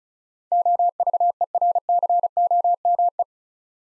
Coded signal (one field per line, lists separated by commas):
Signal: Morse code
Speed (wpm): 36 wpm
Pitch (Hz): 700 Hz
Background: none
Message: OVERCOME